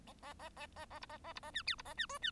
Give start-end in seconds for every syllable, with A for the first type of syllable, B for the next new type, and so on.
0.07-0.13 A, 0.22-0.34 A, 0.39-0.49 A, 0.56-0.67 A, 0.76-0.85 A, 0.90-0.99 A, 1.01-1.06 B, 1.09-1.18 A, 1.24-1.33 A, 1.35-1.40 B, 1.42-1.51 A, 1.53-1.63 C, 1.66-1.75 D, 1.78-1.82 B, 1.85-1.94 A, 1.97-2.07 C, 2.09-2.18 E, 2.22-2.31 C